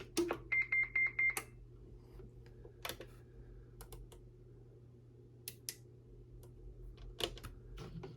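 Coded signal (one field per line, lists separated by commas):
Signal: roger beep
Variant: Stryker CB roger beep 1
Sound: quick low blip then four short high beeps, followed by clicks over low hum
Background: hum and clicks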